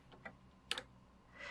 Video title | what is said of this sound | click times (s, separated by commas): Pfaff 710 & 720 Full Mastery Class with Grace | If I hold my bobbin still, I get that really satisfying click, and I like to hear that click to really know I got it in there. | 0.7 s